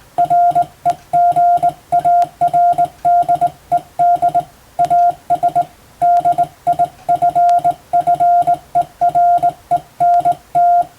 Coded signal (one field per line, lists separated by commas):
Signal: Morse code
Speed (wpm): 20 wpm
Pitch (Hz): 700 Hz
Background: none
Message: REGARDED AS DIFFERENT